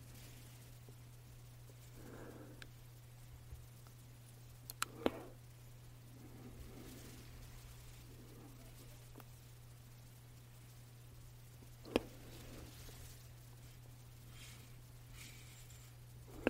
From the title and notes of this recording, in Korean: ASMR 말없이 디퓨저, 바디미스트 탭핑 , 흔드는 소리.